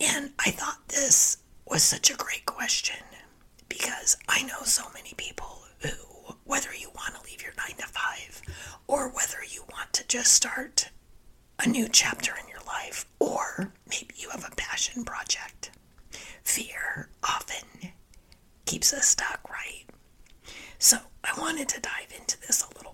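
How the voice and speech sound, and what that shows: A woman speaks in fluent sentences, but her voice is mostly whispered and breathy, with voicing cutting in and out and frequent pauses, so she sounds like she has laryngitis. This fits spasmodic dysphonia, a neurological voice disorder in which involuntary spasms of the voice box disrupt speech; she is currently dealing with and working through the condition.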